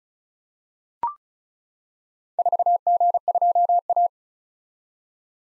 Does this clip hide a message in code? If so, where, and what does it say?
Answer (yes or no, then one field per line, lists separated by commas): yes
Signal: Morse code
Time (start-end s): 2.4-4.1 s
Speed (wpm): 36 wpm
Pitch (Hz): 700 Hz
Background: none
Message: 4G2A